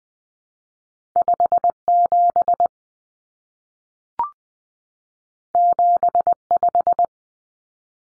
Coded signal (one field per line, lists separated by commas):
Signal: Morse code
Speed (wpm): 20 wpm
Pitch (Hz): 700 Hz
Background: none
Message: 57 75